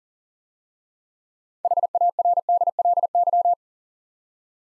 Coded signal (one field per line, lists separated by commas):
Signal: Morse code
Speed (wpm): 42 wpm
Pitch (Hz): 700 Hz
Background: none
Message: HARDLY